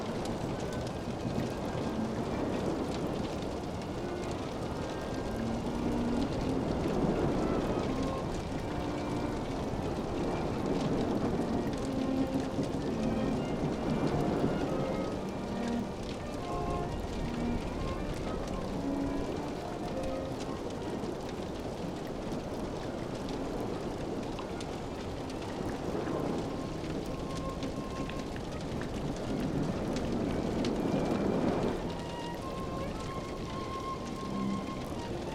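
A stormy sea scene with rain pouring down in a dense, steady hiss and a deep rumble of wind and water underneath. Swells of roaring surge rise around 8 to 15 seconds and again near 26 to 32 seconds, while soft, held string notes drift beneath.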